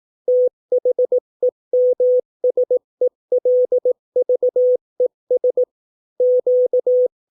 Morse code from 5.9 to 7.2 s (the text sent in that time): Q